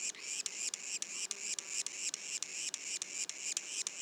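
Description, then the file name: Yellow-bellied sapsucker juveniles calling: a fast, steady series of short notes, about three or four each second, continuing throughout. Juveniles calling; Mont-Orford National Park, Quebec, Canada. "pic macule. parc national du mont orford"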